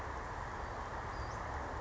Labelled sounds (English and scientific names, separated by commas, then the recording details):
Western Flycatcher (Empidonax difficilis)
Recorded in Sonoma County, California